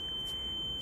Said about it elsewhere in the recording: A very annoying thing called tinnitus. I'm going to turn it down.